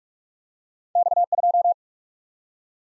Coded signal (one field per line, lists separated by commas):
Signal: Morse code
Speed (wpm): 42 wpm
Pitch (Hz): 700 Hz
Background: none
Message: X2